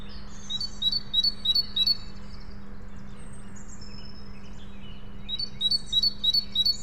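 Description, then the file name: Great tit, about five sharp two-note phrases at the start and five more near the end, with faint twitters in the quiet middle and a low hum. "Parus major"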